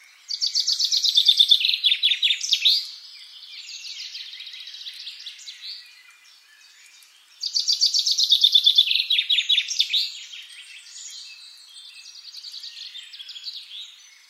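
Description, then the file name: Common chaffinch song: two full strophes, each a fast descending series of repeated notes finished with a flourish, roughly seven seconds apart, with faint birds in between. "Fringilla coelebs"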